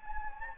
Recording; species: mosquito wingbeat signal from an infrared sensor; Anopheles gambiae